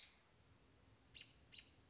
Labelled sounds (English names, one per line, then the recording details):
American Robin
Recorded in Sonoma County, California